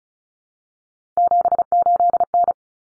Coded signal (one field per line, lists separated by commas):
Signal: Morse code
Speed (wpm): 34 wpm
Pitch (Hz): 700 Hz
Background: none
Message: 78N